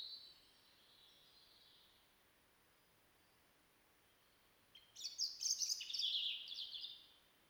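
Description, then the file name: European robin song: a faint high opening note, a silent stretch, then a rapid tumbling burst of sharp high twittering notes. "Erithacus rubecula"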